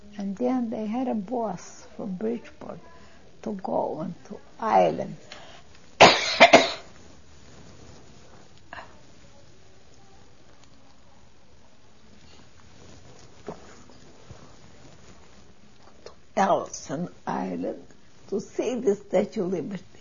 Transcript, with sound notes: And then they had a bus from Bridgeport to go to the island. ( she coughs ) To Ellis Island to see the Statue of Liberty.